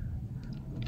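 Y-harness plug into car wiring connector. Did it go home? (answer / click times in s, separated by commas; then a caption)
no / none. A wiring-harness Y-adapter connector is handled against a Tesla Model 3/Y's plastic wiring connector while a small additional dashboard display is being installed, and nothing has seated or clicked yet. Low rumbling background noise runs throughout, with faint brief handling sounds around 0.4 s and again at the very end.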